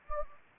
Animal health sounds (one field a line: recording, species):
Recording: mosquito wingbeat signal from an infrared sensor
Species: Anopheles gambiae